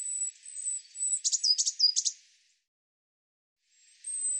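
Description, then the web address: Eurasian blue tit sound: high thin whistles with a few short buzzy notes in the middle, then a pause and more high whistling. "cianscape birddata Deverinetal 2025 File cleaned normalized Bird Cy Ca"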